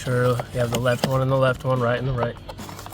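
Left and right grille pieces are being handled before being pushed onto an aftermarket RedRock Ranger replacement grille during a Jeep Wrangler JK grille install. Someone talks through most of the clip, followed by a few faint taps near the end. Nothing has seated or clicked into place yet.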